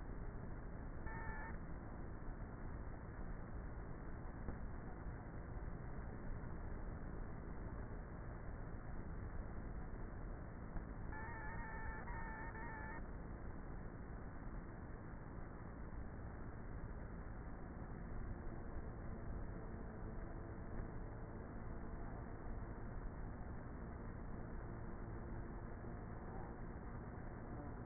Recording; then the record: honeybee colony, microphone inside the hive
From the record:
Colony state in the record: queenless with a low population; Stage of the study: before two queens were removed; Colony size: about 30,000 bees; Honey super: no